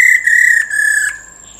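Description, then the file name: Black-throated laughingthrush call: level whistled notes run closely together, falling slightly at the end, then fading away. Female call used to stimulate males. "Tieng khuou mun mai ro kich trong"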